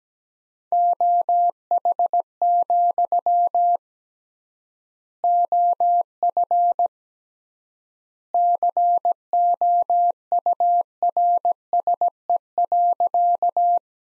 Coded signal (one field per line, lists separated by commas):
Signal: Morse code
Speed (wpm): 17 wpm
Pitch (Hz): 700 Hz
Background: none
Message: OH, OF COURSE.